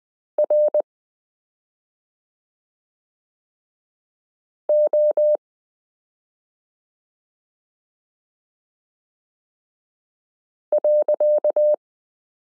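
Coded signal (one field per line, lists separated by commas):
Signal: Morse code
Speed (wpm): 20 wpm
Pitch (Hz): 600 Hz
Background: none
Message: RO.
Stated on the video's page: Morse listening drill, lesson 13 of a Koch-method variation course, introducing letter n alongside k r s u a p t l o w i and period.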